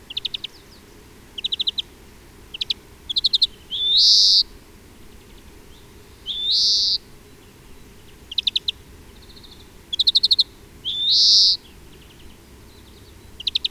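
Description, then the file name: European greenfinch calling with quick high twittering trills broken by several long nasal wheezing notes. "Chloris chloris"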